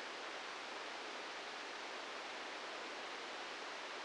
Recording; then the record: brain microelectrode recording played as sound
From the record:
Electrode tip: inside the subthalamic nucleus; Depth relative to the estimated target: 0 mm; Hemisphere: right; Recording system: NeuroSet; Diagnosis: Parkinson's disease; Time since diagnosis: 15 years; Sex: female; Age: 59 years